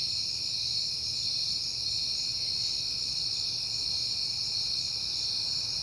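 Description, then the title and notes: Dense cricket chorus of shrill overlapping trills, steady and continuous, with a quiet low hum below. Crickets on a peaceful night in September. "Night Time: Crickets and Passing Cars. It is September and I have been hearing the crickets a lot"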